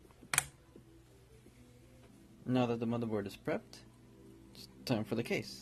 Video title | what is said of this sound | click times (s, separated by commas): How to build a gaming PC (2017) | push until you hear it click now | 0.3 s